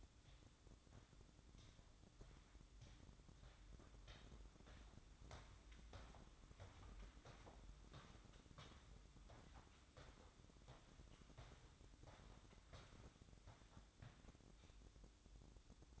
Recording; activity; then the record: daily activity, microphone in the room; walk to room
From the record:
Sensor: 3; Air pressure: 1008.2 hPa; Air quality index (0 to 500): 133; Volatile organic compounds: 2 ppm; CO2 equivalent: 1098 ppm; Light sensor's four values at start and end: 10/23/9/9 and 9/21/8/8